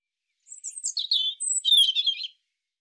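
European robin song: a short thin warbled phrase of high sweet notes, tumbling down then rising again, lasting about two seconds.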